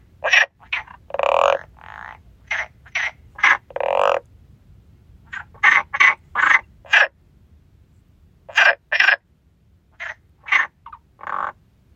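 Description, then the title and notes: Frogs croaking in short, harsh bursts, some in quick pairs and runs, with brief pauses between groups. Frogs singing at the stone bridge of Lagoa de Traba. "Lagoa De Traba Rás. Rás cantando na Lagoa de Traba. Gravación das rás cantando no ponte de pedra da Lagoa de Traba"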